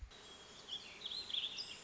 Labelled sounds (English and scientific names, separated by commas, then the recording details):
Warbling Vireo (Vireo gilvus)
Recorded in Sonoma County, California